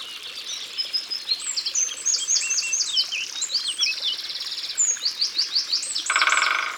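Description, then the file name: Great spotted woodpecker: dense high songbird twittering and trills fill most, then a Great spotted woodpecker's rapid drum roll breaks in near the end. Recorded in Ardèche, France. "Pic Epeiche Concerts Naturels De l Ardeche"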